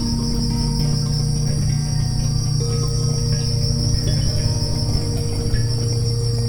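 Cricket chorus: continuous high-pitched pulsing trill, with gentle held music notes in the lower range throughout.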